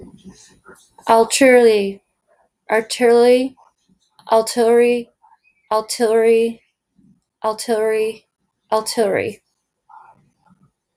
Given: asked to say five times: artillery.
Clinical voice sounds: repeated word; female; 40 to 49 years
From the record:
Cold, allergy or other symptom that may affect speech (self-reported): no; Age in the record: 41 years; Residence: Michigan, United States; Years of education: 12

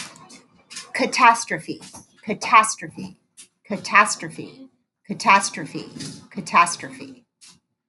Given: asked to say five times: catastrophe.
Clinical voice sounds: repeated word; female; 40 to 49 years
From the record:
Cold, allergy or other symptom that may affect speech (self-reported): no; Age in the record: 40 years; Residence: North Carolina, United States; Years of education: 20

